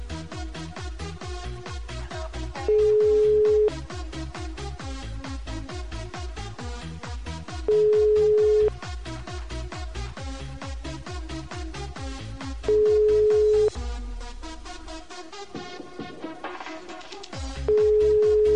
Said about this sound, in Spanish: Ahí está sonando el teléfono.